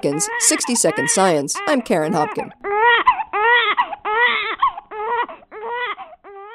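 A newborn cries in about nine short, rhythmic wails, high-pitched and tonal, each rising and falling in a small arc. Newborn cries already match the melody of the native language heard before birth: French infants wail on a rising note, German infants favor a falling melody.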